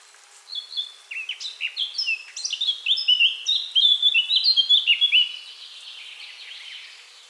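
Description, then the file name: Eurasian blackcap song: a quiet scratchy warble building into loud, clear fluting whistles, ending in a soft fading trail. "Sylvia atricapilla"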